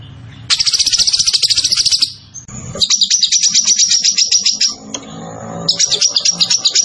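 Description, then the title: Zebra finch song, rapid high trills of fast repeated notes in bursts with short pauses, a faint low rumble beneath. Tembakan bird singing vigorously (gacor); master recording for training cage birds. "Masteran Burung Tembakan Gacor"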